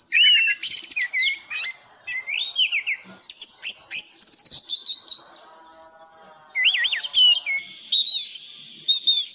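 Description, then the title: Thrush song: a dense medley of chirps, zigzag whistles and rapid trills, with a few short pauses. Cage-bird song tutoring recording (masteran); bird described as gacor teler. "anis gacor teler"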